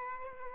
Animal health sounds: mosquito wingbeat signal from an infrared sensor; Aedes albopictus

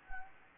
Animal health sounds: mosquito wingbeat signal from an infrared sensor; Anopheles gambiae

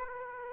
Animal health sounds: mosquito wingbeat signal from an infrared sensor; Aedes aegypti

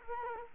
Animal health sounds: mosquito wingbeat signal from an infrared sensor; Culex quinquefasciatus

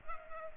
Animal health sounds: mosquito wingbeat signal from an infrared sensor; Culex pipiens

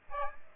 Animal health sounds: mosquito wingbeat signal from an infrared sensor; Aedes aegypti

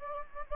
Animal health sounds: mosquito wingbeat signal from an infrared sensor; Anopheles gambiae

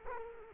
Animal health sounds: mosquito wingbeat signal from an infrared sensor; Culex quinquefasciatus

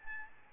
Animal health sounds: mosquito wingbeat signal from an infrared sensor; Aedes albopictus

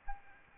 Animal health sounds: mosquito wingbeat signal from an infrared sensor; Aedes albopictus

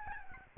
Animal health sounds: mosquito wingbeat signal from an infrared sensor; Aedes albopictus

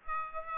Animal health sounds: mosquito wingbeat signal from an infrared sensor; Aedes aegypti

